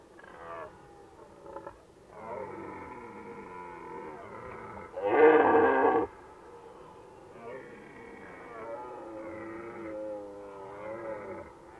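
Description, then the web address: Red deer voice: drawn-out groaning roars with wavering tone, broken by one loud, harsh burst in the middle. Recorded in Valsolda. "cibra valsolda. Cervo"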